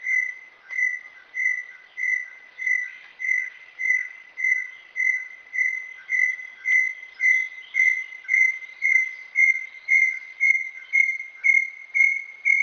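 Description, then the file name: Brown tinamou song: a long series of clear whistled notes repeated about twice a second, each slightly swelling, the pitch creeping gradually higher through the series. "Canto do inhambuguacu"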